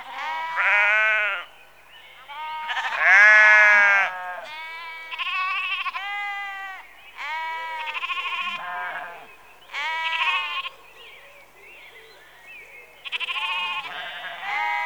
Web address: BBC Sound Effects Library - Exterior Atmospheres-Rural Backg Sheep Early Evening- Close